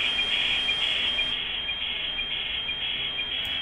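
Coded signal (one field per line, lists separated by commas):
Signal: weather fax (radiofax)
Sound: raspy warbling high tone with a regular beat about twice per second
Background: radio static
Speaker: okay so let's listen to this i've got this hooked up to an audio amplifier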